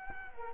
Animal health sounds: mosquito wingbeat signal from an infrared sensor; Culex quinquefasciatus

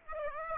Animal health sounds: mosquito wingbeat signal from an infrared sensor; Aedes aegypti

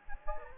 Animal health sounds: mosquito wingbeat signal from an infrared sensor; Anopheles gambiae

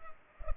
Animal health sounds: mosquito wingbeat signal from an infrared sensor; Culex pipiens

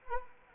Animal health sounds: mosquito wingbeat signal from an infrared sensor; Anopheles arabiensis

